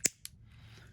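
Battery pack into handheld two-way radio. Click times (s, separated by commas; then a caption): 0.1 s. A long battery pack is pushed onto a Baofeng UV-5R handheld two-way radio until the plastic hook on the radio grabs the hook on the battery. A sharp click at 0.1 s is followed by a fainter, brighter tick at 0.3 s over a low steady hum. The battery is seated and secured.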